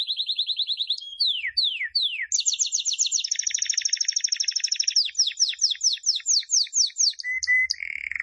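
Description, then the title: Canary singing a rapid sequence: a fast even trill, sweeping downslurred notes, a dense buzzy roll, a run of rapid repeated swoops, and a lower trill closing. Canary described with the Indonesian term gacor for a bird singing persistently. "Kenari Gacor"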